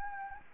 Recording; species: mosquito wingbeat signal from an infrared sensor; Anopheles gambiae